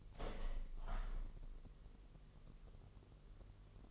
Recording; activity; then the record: daily activity, microphone in the room; open window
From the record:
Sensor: 4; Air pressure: 1001.0 hPa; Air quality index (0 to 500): 244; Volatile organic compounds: 42 ppm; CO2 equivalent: 3178 ppm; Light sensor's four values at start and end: 9/20/8/7 and 9/20/8/7